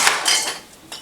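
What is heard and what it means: The folding stock of a Classic Army G36C airsoft electric gun is released with its button and swung over to the other side of the receiver into its folded lock position. Bright clattering and scraping fade over most of the second, then a sharp click at 0.9 s marks the stock seating firmly in place with no wobble.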